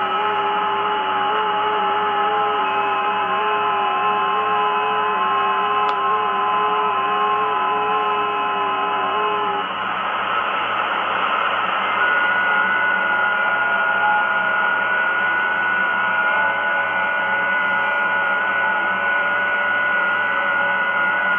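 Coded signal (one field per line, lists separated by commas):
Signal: FT8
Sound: several faint steady warbling tones layered over constant radio hiss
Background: radio static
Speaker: so let's put the volume up and let it decode for a little while you guys can see what it looks like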